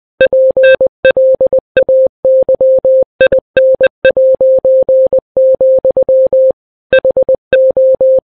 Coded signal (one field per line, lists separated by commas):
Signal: Morse code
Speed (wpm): 20 wpm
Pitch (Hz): 520 Hz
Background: none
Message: PLAYIN', HO